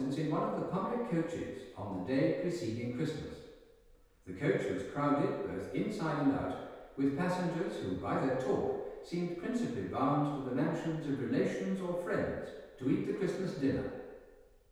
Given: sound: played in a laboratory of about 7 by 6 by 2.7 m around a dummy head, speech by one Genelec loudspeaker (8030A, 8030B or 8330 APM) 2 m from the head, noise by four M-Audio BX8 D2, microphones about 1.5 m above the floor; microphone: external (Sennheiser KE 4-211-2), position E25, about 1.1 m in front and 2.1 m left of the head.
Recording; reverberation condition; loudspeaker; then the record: male speech in English; high; 120 degrees to the right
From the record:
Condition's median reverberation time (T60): about 1300 ms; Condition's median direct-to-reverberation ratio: about -4.0 dB